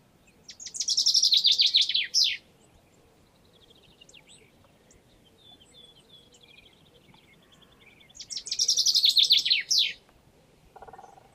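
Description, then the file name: Common chaffinch singing two loud, rattling descending phrases several seconds apart, each ending in a flourish, with faint thin notes from other birds in between. "Fringilla coelebs"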